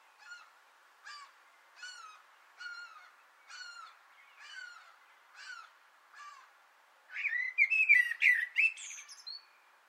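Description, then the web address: Common blackbird bursts into a loud fluted phrase ending in high, scratchy twitters, after a run of fainter short calls repeating about every second. Sung from an antenna, 6 June 2025. "sammel Naturinspelningar Koltrast på antennen 2025 06 06"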